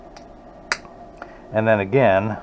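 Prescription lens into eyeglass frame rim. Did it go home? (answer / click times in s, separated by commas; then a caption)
yes / 0.7 s. A cut prescription anti-glare lens is tucked into the outside corner of a plastic Ultem 200 eyeglass frame and pushed in with the thumbs at the nose side. It snaps into the rim with a sharp snap at 0.7 s, with fainter ticks around 0.2 s and 1.2 s. Someone talks from about 1.5 s onward.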